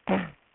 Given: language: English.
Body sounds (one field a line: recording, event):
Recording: throat vibration sensor signal played as sound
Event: throat clearing